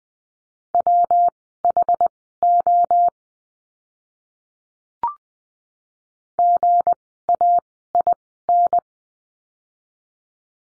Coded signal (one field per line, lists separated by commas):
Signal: Morse code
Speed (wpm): 20 wpm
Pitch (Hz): 700 Hz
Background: none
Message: WHO GAIN